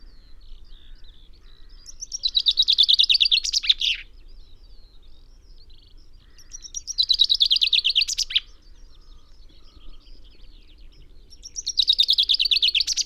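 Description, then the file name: Common chaffinch delivering three evenly spaced descending trilled phrases ending in a flourish, the last cut off at the end, in a quiet setting. "Fringilla coelebs"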